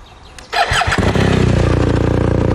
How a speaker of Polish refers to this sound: a jak taki motocykl brzmi, bo to też dla mnie istotne. W dobrym tonie byłoby, żeby on był taki słyszalny. Taki basowy, czy tenorowy, powiedz? Basowy. No to proszę.